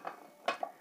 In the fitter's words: దీన్ని కూడా 1 టైం ఇలా స్క్రోల్ అలా తిప్పామనుకోండి, అలా లాక్ అయిపోయింది.